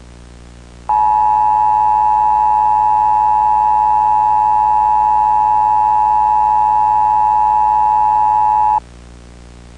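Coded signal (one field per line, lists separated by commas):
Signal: Emergency Alert System (SAME) tones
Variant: 853 and 960 Hz attention tone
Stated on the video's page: EAS tones inside a Scratch game project themed on Half-Life, described as valid EAS tones.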